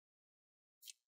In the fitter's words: walk views up and you want to hear those clicks